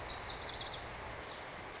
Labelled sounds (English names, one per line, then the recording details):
Lazuli Bunting
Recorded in Sonoma County, California